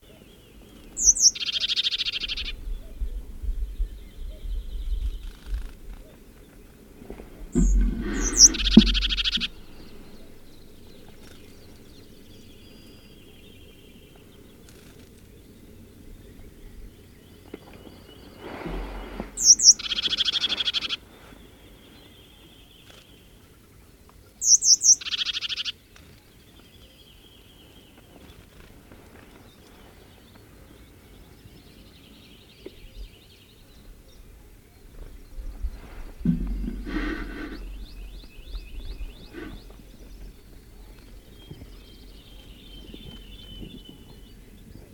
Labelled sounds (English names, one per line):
Sombre Tit